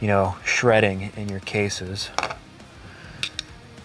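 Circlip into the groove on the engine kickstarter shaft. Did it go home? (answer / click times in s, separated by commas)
yes / 3.2 s, 3.4 s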